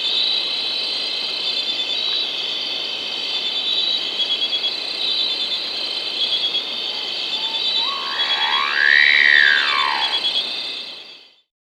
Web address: S America Andean Birds Wattled Guan (Aburria Aburria)